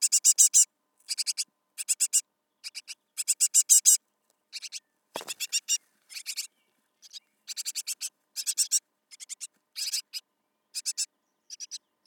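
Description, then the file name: Great tit giving harsh, buzzy rattling calls in many short bursts of a few rasping notes, with one sharp click midway. "Parus major"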